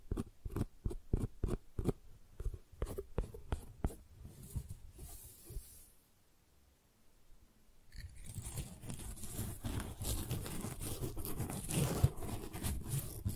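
Tingly flower sounds: crisp, quick crackles and taps come in a rapid regular run for the first few seconds, then thin out. Near six seconds it falls almost silent, and from eight seconds a dense, steady rustling and crinkling fills the rest.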